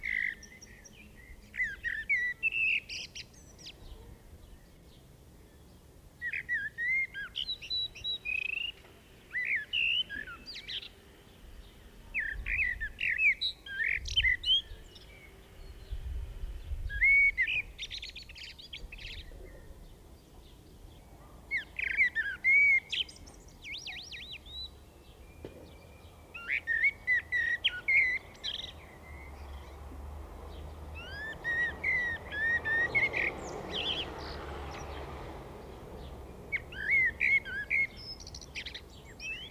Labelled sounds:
Common Blackbird (Turdus merula) song

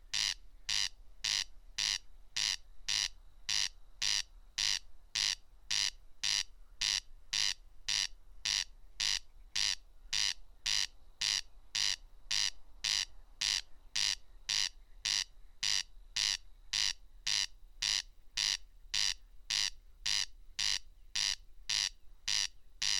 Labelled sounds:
Corn Crake (Crex crex) song

